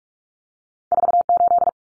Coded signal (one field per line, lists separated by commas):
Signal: Morse code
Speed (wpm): 44 wpm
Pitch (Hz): 700 Hz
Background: none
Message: 48